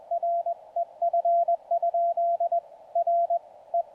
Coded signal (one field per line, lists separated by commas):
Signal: Morse code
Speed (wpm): 21 wpm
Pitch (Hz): 680 Hz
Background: none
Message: R EF? R E